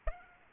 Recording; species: mosquito wingbeat signal from an infrared sensor; Aedes aegypti